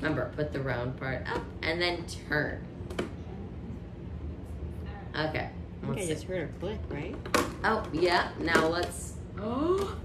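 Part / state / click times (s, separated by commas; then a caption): key in the lock of a toy treasure chest / released / 2.9 s, 3.0 s. A child turns a round key in the lock of a toy treasure chest while people talk. The lock clicks at 2.9 s and 3.0 s and releases, and the chest is then opened.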